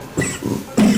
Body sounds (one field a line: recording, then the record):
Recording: coughing mixed with background sound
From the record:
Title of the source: Mid-morning Winter Coughing Fit